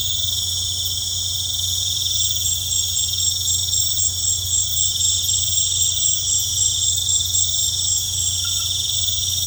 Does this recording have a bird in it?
no